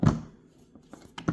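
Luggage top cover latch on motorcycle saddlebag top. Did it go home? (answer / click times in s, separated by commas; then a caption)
yes / 1.2 s. The cover of a Stealthport Double Top, an add-on luggage top on a Harley touring motorcycle saddlebag, is pushed inward so its latch catches, since it only latches when the cover is pushed in. A dull thump opens the clip, followed by faint soft knocks, then a sharp short snap at 1.2 s and another hit right after. The latch snaps shut and the cover is seated.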